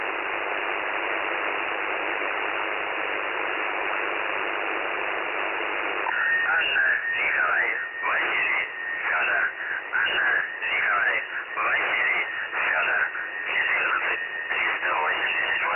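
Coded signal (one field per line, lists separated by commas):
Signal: numbers station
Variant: UVB-76 (The Buzzer)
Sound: six seconds of radio hiss, then a male voice reading a message through static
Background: radio static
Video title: The Buzzer/UVB-76 Voice Message (December 1, 2020 11:14 UTC)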